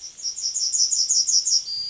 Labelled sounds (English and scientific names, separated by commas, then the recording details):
Yellowhammer (Emberiza citrinella) song
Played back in forest
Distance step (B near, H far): B
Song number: 041